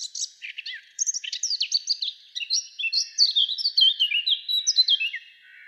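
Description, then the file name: Eurasian blackcap song, a rambling chatter of rapid high notes that settles into louder, clear fluty slurs toward the end, filling almost six seconds. "Sylvia atricapilla"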